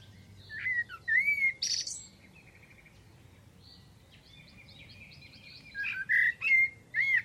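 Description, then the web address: Bird song: slurred whistled phrases at the start and end, with a quiet stretch of faint notes between. "Deverinetal. Bird Only"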